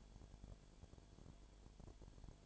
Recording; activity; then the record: daily activity, microphone in the room; no activity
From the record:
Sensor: 5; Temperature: 19.9 degrees Celsius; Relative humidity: 37.1%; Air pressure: 1007.3 hPa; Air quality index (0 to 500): 84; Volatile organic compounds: 1 ppm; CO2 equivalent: 962 ppm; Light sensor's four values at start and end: 2/3/1/1 and 2/3/1/1